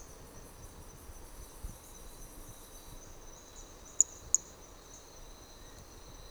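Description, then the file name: Hermogenes' flea-toad: brachycephalus hermogenesi toadlet producing two crisp high clicks in quick succession, over a steady background insect whine. Individual number 4 recorded on Trilha do Ipiranga; the first four notes of the call were lost. "MHNCI Brachy hermogenesi Trilha do Ipiranga ind 4 four starting notes lost"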